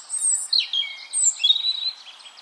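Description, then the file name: European robin singing a thin high whistle, a falling slurred note, then a quick sweet warble ending in faint twittering. "Erithacus rubecula"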